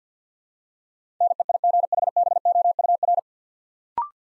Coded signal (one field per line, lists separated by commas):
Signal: Morse code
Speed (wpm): 50 wpm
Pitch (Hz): 700 Hz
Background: none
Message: NEIGHBOUR